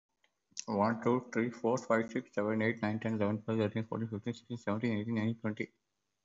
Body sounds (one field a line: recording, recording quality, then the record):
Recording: counting at a fast pace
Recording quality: excellent, no background noise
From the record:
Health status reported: COVID-19 positive, no symptoms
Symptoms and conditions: none ticked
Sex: male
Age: 28 years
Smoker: not ticked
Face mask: not worn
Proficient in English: no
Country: India